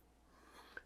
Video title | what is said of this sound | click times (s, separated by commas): Connections for lites or bed 2022 | give it a little wiggle push push push until you hear it snap | 0.8 s